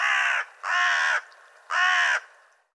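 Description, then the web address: Bird calling with three long, hoarse caws separated by short gaps. "cianscape birddata Deverinetal 2025"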